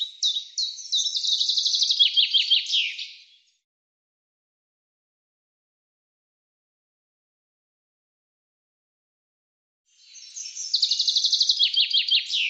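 Common chaffinch song: two bright phrases separated by a long silence, each starting with rapid notes and dropping in pitch through a descending trill.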